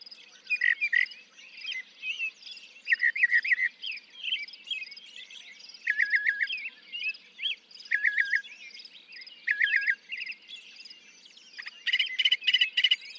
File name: Northern Mockingbird